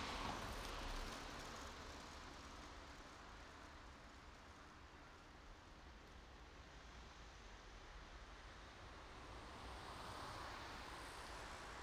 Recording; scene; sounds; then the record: everyday scene through a hearing-aid microphone; in traffic; traffic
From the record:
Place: main road on the outskirts, rush hour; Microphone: in the ear canal, right